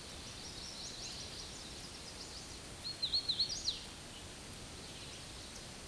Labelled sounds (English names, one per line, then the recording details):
Hooded Warbler song
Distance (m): 50 m
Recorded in a Pennsylvania forest on 18 May 2023 at 09:31
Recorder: AudioMoth, point grid1_34_low
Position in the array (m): 176 m, 150 m